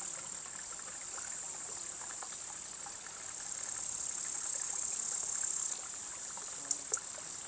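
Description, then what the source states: Upland green bush-cricket stridulation as a steady, very high sizzling drone that swells loudly for a couple of seconds and then drops back, with a few faint ticks. Tettigonia cantans; recorded 7 August 2020 at 16:10, Vallon de Combeau, Vercors; alpine pasture; Nagra Seven with B&K omni microphone.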